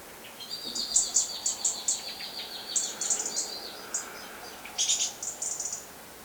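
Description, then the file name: European robin giving bursts of very high, thin, rapid notes in clusters, with a lower trilling band beneath, pausing briefly before a final bright burst. "Erithacus rubecula"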